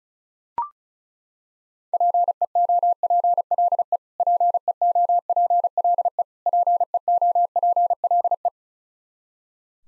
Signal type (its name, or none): Morse code